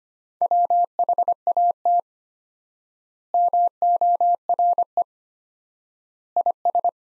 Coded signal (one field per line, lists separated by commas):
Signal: Morse code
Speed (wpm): 25 wpm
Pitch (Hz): 700 Hz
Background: none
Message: WHAT MORE IS